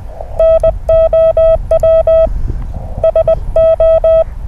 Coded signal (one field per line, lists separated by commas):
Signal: Morse code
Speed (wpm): 21 wpm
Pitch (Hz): 650 Hz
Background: none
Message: NOW SO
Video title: Morse Code RaDAR 3rd April 2021